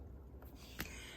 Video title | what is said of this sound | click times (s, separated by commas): Riccar R25D Upright Vacuum review | than like a nice rubber gasket but it does kind of lock into place | 0.8 s